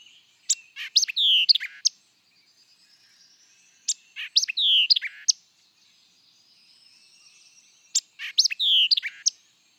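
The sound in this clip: White-eyed vireo song: short, snappy phrases of sharp chips and slurred whistles, repeated about every four seconds.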